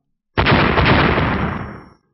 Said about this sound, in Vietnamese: Một tiếng nổ mạnh kinh thiên động địa, không gian xung quanh vỡ vụn toàn bộ.